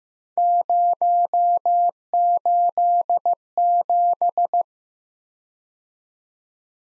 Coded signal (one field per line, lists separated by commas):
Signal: Morse code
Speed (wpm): 15 wpm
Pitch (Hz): 700 Hz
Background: none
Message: 087